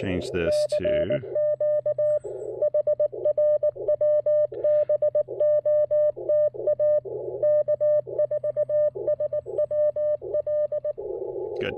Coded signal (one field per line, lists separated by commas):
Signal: Morse code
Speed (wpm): 18 wpm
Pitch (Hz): 600 Hz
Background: speech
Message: CQ HRWBOTA K4SWL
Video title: Ham Radio Workbenches On The Air & POTA: A very long QRP activation video using CW and SSB!